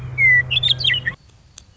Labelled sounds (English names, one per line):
Western Meadowlark